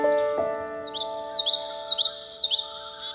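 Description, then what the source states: Common yellowthroat singing a rapid series of rolling, repeated high phrases over a faint sustained piano chord. Song set to piano music.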